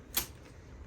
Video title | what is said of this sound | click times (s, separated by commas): Summer infant 3D lite stroller! | you can click it down and you'll hear that click | 0.2 s